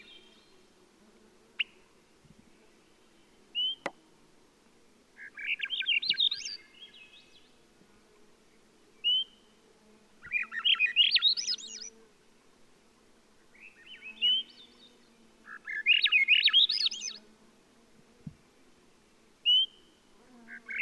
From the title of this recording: Swainson's Thrush